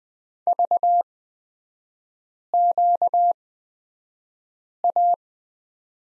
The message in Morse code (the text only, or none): VQA